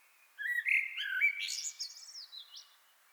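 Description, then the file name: Common blackbird with a mellow fluty phrase that climbs step by step into a thin, high squeaky twitter before fading. "Turdus merula"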